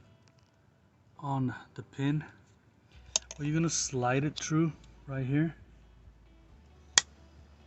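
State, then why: Seated. Someone talks while the connection of an air suspension compressor pump for a Cadillac Escalade, Yukon and Avalanche is slid along its guides onto the mounting pin. A single sharp, loud snap is heard at 7.0 s as the connection seats on the pin and locks in place.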